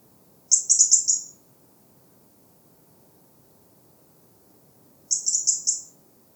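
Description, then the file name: European robin giving two quick strings of four or five thin, high ticks, the second burst a few seconds after the first, otherwise quiet. "Erithacus rubecula"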